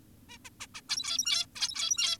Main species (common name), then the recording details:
Zebra Finch. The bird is an adult. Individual g17y2U